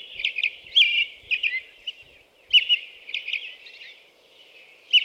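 American robin song: clusters of clear whistled phrases with short pauses.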